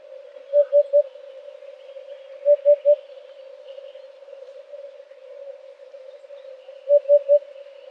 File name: huppe fasciee